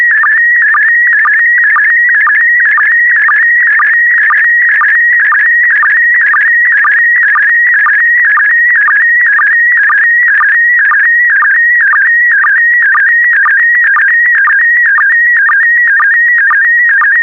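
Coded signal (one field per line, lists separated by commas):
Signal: SSTV (slow-scan television)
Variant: PD120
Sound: warbling continuous tone shifting pitch with regular short low blips, steady rhythm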